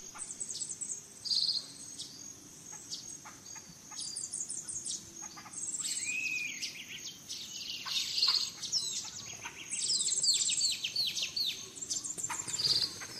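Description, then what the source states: Mixed birds singing at dawn: high chirps, sweeping whistles and trills overlapping in bursts, over a steady high insect hum. Dawn chorus in rainforest, Gran Sabana, Venezuela.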